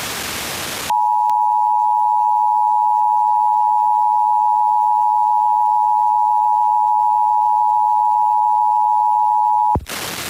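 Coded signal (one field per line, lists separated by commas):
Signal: Emergency Alert System (SAME) tones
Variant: 853 and 960 Hz attention tone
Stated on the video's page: IPAWS Weekly Test captured from an FM broadcast station on 105.9.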